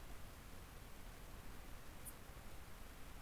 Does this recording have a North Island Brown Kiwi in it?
no